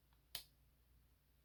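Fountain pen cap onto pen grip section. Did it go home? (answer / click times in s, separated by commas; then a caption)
yes / 0.3 s. An Aurora Fra Mauro fountain pen is pushed into its cap, giving a single sharp click at 0.35 s as the grip section goes in, against an otherwise quiet background. The cap is seated, but the click is an unexpected fit sound rather than a designed snap: the cap should slide on smoothly, so the click suggests a mismatch between the cap and grip dimensions.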